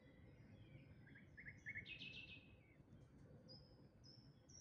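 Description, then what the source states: Birds singing in a soft dawn chorus: a quick series of short chirps, a brief trilled burst, then thin high whistled notes, over a low steady rumble. Dawn chorus recorded in May 2026.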